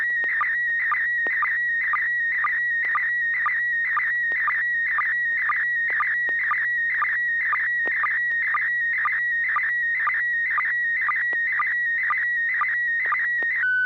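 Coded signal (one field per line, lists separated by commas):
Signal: SSTV (slow-scan television)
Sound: warbling tone around 2 kHz with short low ticks twice a second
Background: steady low hum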